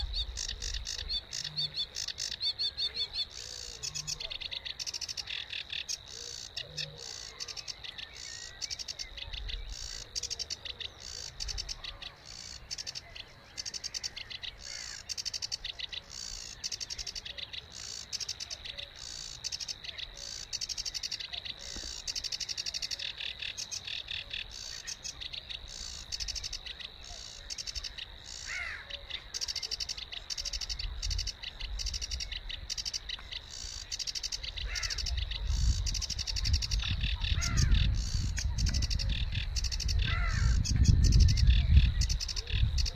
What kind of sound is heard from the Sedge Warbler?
song